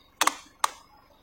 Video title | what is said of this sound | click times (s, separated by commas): SERVIS BERKALA (SBE) - Posisi 1/Lift 1 - Pemeriksaan: 1.Kondisi lampu 2.Fungsi interior 3.Exterior | sudah berbunyi klik tutnya sudah kencang dan selanjutnya kita Melan pemeriksaan pada bakasi kita | 0.2 s, 0.3 s, 0.6 s